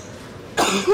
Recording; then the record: coughing mixed with background sound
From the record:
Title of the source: 64 coughing, allergies, singing lungs